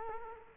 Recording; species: mosquito wingbeat signal from an infrared sensor; Culex quinquefasciatus